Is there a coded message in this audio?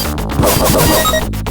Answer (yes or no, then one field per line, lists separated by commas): no